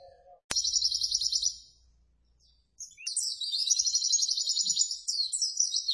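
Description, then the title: White-eye song: after a sharp click, a fast high buzzy trill, a pause, then a long continuous twittering run of rapid chirps. Vigorously singing ('gacor') white-eye, used as a master recording to train cage birds for song competition success. "Pleci Gacor. Masteran Burung PLECI Untuk Cetak PRESTASI"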